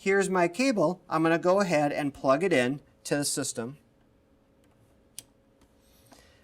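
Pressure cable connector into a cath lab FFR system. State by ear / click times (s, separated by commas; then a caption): seated / 5.2 s. Someone talks while plugging the missing aortic pressure cable's connector into the bottom of the monitoring unit of an RXi cath lab FFR system. After the talking stops, a single sharp click sounds at 5.2 s, and the cable is seated and connected.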